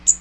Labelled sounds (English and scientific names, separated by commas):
Magnolia Warbler (Setophaga magnolia) flight call